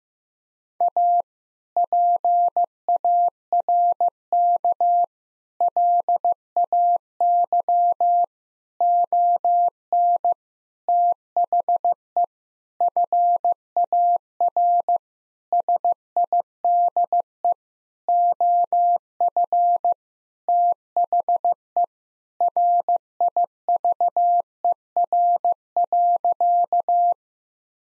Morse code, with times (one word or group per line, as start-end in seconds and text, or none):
0.8-1.2 A
1.8-5.0 PARK
5.6-8.2 LAY
8.8-10.3 ON
10.9-12.2 THE
12.8-15.0 FAR
15.5-17.5 SIDE
18.1-19.9 OF
20.5-21.8 THE
22.4-27.1 RIVER.